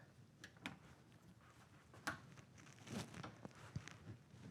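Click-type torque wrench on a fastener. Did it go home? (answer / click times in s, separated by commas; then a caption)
no / none. A USA-made click-type torque wrench, set to 15 pounds, is pulled on a fastener and heard only as faint scattered ticks, taps and rustles over a low background hiss. The wrench has not clicked at its setting, and it is broken.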